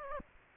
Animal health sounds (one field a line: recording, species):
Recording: mosquito wingbeat signal from an infrared sensor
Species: Aedes aegypti